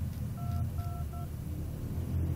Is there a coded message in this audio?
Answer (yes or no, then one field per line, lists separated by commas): yes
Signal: DTMF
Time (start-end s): 0.4-1.3 s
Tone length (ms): 260 ms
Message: 222